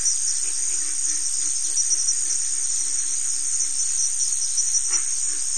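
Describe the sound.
Continuous shrill cricket trill with soft pulsing underneath and one brief sharp click near the end.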